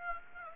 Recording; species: mosquito wingbeat signal from an infrared sensor; Aedes aegypti